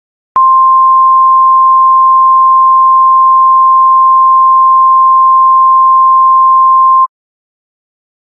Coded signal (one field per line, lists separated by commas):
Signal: Emergency Alert System (SAME) tones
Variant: 1050 Hz attention tone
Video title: “Trouble At The Ferry” EAS Scenario (Demo)